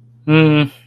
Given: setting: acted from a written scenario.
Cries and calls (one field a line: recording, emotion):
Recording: vocal sound without words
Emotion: neutral